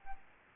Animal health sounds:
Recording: mosquito wingbeat signal from an infrared sensor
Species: Aedes albopictus

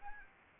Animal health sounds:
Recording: mosquito wingbeat signal from an infrared sensor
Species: Anopheles arabiensis

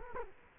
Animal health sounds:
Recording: mosquito wingbeat signal from an infrared sensor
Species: Culex quinquefasciatus

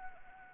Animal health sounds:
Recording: mosquito wingbeat signal from an infrared sensor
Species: Anopheles arabiensis

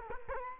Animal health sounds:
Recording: mosquito wingbeat signal from an infrared sensor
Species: Culex quinquefasciatus

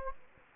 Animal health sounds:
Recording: mosquito wingbeat signal from an infrared sensor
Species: Anopheles gambiae

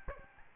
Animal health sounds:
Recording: mosquito wingbeat signal from an infrared sensor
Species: Aedes albopictus

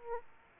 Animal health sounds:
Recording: mosquito wingbeat signal from an infrared sensor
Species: Aedes aegypti

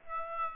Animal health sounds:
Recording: mosquito wingbeat signal from an infrared sensor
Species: Aedes aegypti

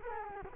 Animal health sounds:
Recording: mosquito wingbeat signal from an infrared sensor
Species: Culex quinquefasciatus

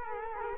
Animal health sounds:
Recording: mosquito wingbeat signal from an infrared sensor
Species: Culex quinquefasciatus

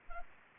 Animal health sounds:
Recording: mosquito wingbeat signal from an infrared sensor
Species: Anopheles arabiensis

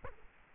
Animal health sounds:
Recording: mosquito wingbeat signal from an infrared sensor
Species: Culex quinquefasciatus

